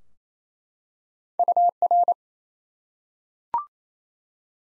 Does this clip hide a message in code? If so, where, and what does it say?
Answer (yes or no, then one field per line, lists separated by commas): yes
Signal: Morse code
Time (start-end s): 1.4-2.1 s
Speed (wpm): 27 wpm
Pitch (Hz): 700 Hz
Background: none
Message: UR